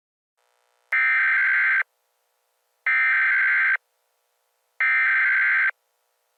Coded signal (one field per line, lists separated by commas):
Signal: Emergency Alert System (SAME) tones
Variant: header bursts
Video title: EAS Scenario 1 Snack-A-Pacolypse